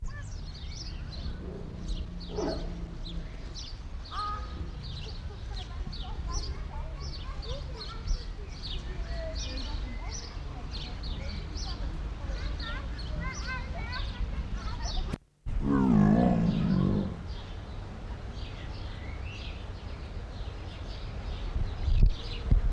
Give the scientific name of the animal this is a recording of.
Panthera pardus